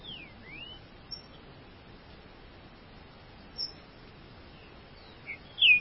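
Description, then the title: Green-winged saltator song: clear whistled notes that slide down and then rise at the start, a few faint notes after, and a louder whistled note at the end, over steady hiss. "Trinca Ferro"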